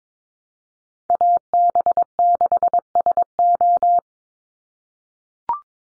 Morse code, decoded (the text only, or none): AB6SO